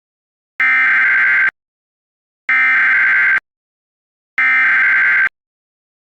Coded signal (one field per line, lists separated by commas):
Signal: Emergency Alert System (SAME) tones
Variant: header bursts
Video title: EAS Scenario 15: Pac-Man VS Team Sonic